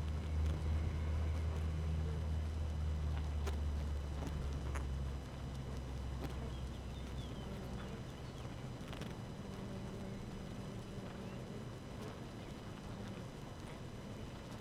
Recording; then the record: honeybee colony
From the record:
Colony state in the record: active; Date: 12 June 2018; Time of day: 4:55